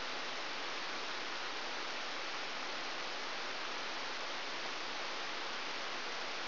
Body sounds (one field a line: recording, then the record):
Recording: brain microelectrode recording played as sound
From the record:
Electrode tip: outside the subthalamic nucleus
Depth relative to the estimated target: -4 mm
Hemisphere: left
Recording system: AlphaMap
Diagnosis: Parkinson's disease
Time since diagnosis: 21 years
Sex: female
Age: 61 years